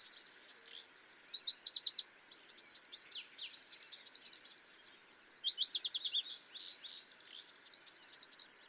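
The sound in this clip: Yellow warbler song: lively runs of high, sweet, slurred notes repeated in close phrases.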